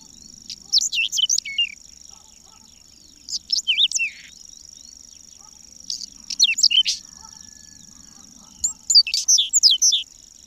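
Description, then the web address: Whinchat singing four short, varied phrases of crackly and whistled notes about every two to three seconds, over a constant thin high-pitched hum. "agykontroll Madardalok Cd 3. Rozsdás csuk"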